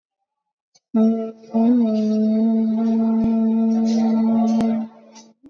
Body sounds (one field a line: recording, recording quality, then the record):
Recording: sustained vowel as in made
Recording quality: moderate, slight background noise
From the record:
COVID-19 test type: RT-PCR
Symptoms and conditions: cough, cold, fever, loss of smell and taste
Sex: female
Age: 51 years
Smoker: no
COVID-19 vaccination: both doses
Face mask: worn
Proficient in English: yes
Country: India